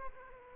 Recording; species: mosquito wingbeat signal from an infrared sensor; Aedes aegypti